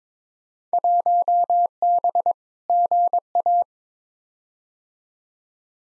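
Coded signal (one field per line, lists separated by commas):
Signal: Morse code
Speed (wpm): 22 wpm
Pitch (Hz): 700 Hz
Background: none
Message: 1B GA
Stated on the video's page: Field Day exchange copy practice at 22 wpm, each exchange sent, spoken, then sent again; exchanges weighted by 2019 participation.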